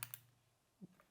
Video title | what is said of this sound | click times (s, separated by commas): SSG10 How to Shoot | press until it clicks and it stays there. | 0.0 s, 0.1 s